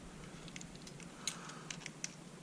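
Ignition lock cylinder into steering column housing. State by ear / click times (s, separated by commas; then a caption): not seated / none. A rekeyed ignition lock cylinder for a 2008–2016 Ford F250 is pushed into the steering column housing with the key partly inserted and turned. Light metallic ticks and taps of handling come at about 0.6, 1.3, 1.7, 1.9 and 2.0 seconds over a low steady hum. The cylinder has not seated or clicked into place yet.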